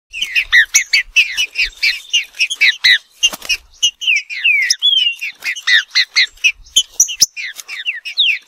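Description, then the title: Green-winged saltator song of quick, repeated slurred whistles, steady stream of notes with occasional clicks. Wild Green-winged saltator singing in woodland, competing with a free-living bird; local name trinca-ferro; song style called 'nicão'. "Trinca Ferro NICÃ O No Mato Disputando Com Solto"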